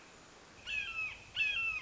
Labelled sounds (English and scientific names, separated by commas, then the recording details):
Red-shouldered Hawk (Buteo lineatus)
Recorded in Sonoma County, California